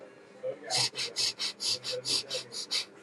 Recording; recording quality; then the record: shallow breathing; excellent, no background noise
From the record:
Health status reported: healthy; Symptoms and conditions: none ticked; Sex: male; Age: 18 years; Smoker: not ticked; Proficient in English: yes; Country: India